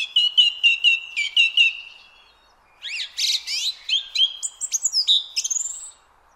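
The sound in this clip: Song thrush singing: one clear whistled phrase repeated several times, a short pause, then a run of varied sharp, chirpy and scratchy phrases, against a quiet background.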